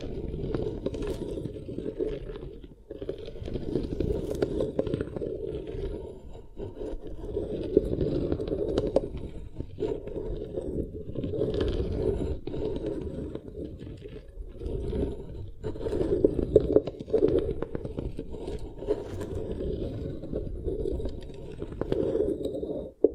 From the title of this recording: Beeswax Ear Triggers